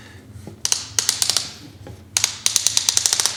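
A ratchet belt strap is pushed into its belt buckle, and the teeth give a series of sharp, bright clicks as it locks in. The clicks come at 0.7, 1.1, 2.2, 2.6, 2.7 and 3.0 seconds. The strap seats with a much more solid feel and does not wiggle around at all.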